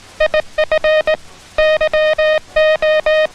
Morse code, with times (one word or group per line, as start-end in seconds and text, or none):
0.2-1.1 IF
1.6-3.3 YO